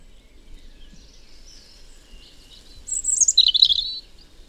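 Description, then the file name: European robin song: quiet, thin high notes for a few seconds, then a short loud burst of squeaky, high warbled phrases. "Erithacus rubecula"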